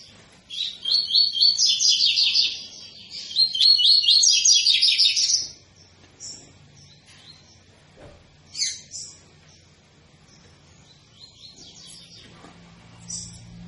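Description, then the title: Double-collared seedeater song: bright, rapid trilled phrases of repeated high notes in two bursts, followed by scattered short chirps and quieter gaps. Tui-tui song style, used as a tutor song for teaching young birds. "COLEIRO TUI TUI FIBRA CANTO PROFESSOR"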